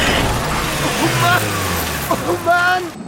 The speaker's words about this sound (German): Der Wagen fliegt mehrere Meter über die Lichtung. Überschlägt sich nochmal.